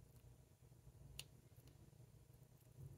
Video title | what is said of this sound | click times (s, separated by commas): Xbox Elite Series 2 Controller Repair - I/O Board and Bumper Buttons | all right that one snapped into place | 1.2 s